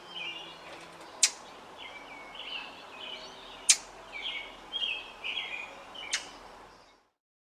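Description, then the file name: Brown thrasher song of quick changing phrases, with three loud clicks over a hissing background before the sound cuts off. "طائر السمنة البني"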